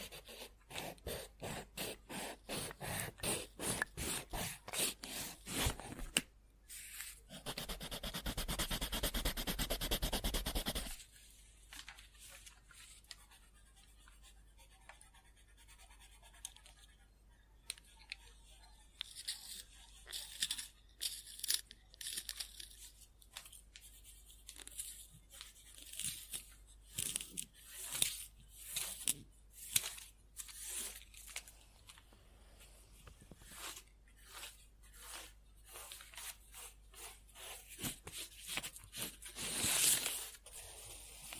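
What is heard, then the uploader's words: Pencil scribbling on paper in quick rasping strokes, with a dense continuous scrub around 7 to 11 seconds, then sparser scratches and pauses. Scribbling On Paper.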